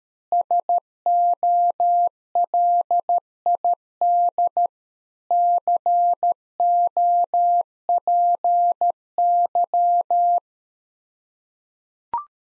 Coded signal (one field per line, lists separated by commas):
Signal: Morse code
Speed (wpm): 13 wpm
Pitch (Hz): 700 Hz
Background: none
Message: SOLID COPY